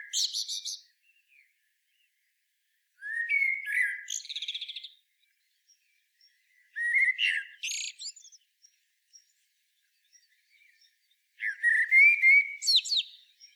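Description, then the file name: Common blackbird singing three phrases a few seconds apart after the end of an earlier one, each starting with mellow whistled notes and ending in a high, scratchy flourish, against a quiet background. "Turdus merula"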